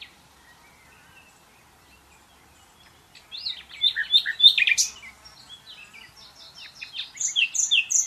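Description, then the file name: Common nightingale: about three seconds of near silence, then loud, varied song phrases of sharp chirps and whistles. "Luscinia megarhynchos"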